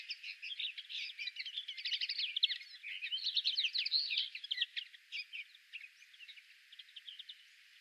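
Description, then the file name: European greenfinch chattering in dense, rolling twitters and trills that swell in the middle, then thin out into softer scattered chirps. "Chloris chloris"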